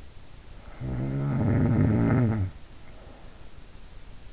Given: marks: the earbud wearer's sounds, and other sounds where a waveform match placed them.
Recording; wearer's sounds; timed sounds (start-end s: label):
sounds in sleep by an in-ear microphone; snoring breath
0.48-3.46 s: snoring breath